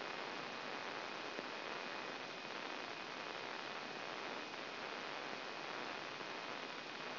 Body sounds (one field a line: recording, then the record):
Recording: brain microelectrode recording played as sound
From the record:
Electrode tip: outside the subthalamic nucleus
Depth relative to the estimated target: 5 mm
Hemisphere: left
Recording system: AlphaMap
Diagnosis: Parkinson's disease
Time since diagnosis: 16 years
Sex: male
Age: 60 years